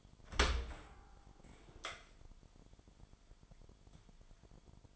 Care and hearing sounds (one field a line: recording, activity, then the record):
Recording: daily activity, microphone in the room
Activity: open dishwasher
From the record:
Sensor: 5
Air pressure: 998.5 hPa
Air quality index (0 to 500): 80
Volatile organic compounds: 1 ppm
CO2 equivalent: 911 ppm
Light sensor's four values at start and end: 25/60/25/28 and 25/60/25/28